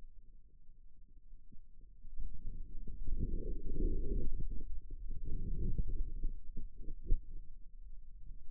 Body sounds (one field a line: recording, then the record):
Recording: forearm muscle sounds (acoustic myography)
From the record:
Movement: radial deviation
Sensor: system 2, bracelet of six BSWA MPA416 microphones around the upper forearm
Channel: 5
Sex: male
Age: 22 years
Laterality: right